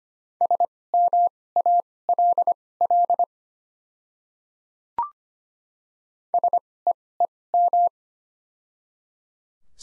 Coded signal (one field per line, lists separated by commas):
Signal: Morse code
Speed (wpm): 25 wpm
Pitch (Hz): 700 Hz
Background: none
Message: SMALL SEEM